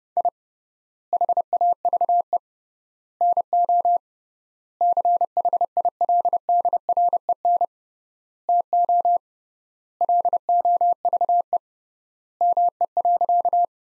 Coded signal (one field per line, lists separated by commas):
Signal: Morse code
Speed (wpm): 30 wpm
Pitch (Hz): 700 Hz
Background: none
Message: I HAVE NO CHILDREN TO LOVE ME.